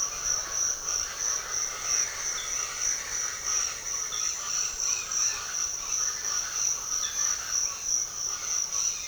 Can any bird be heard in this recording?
yes